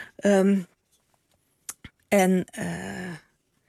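A marker pen squeaks across a surface in three drawn-out, wavering strokes, with a couple of short taps between them. The squeals are loud and harmonic, with no talking.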